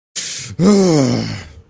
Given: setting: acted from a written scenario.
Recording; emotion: vocal sound without words; anger